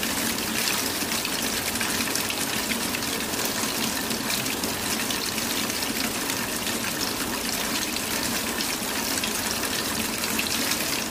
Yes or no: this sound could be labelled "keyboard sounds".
no